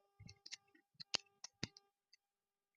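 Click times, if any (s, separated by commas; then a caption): 1.2 s. The plastic battery compartment cover on the back of a used portable cassette player is locked shut after two AA cells are put in. A few soft knocks and handling clicks lead up to one sharp click at 1.2 s as the cover seats and locks. More light clicks and taps follow before the clip falls quiet.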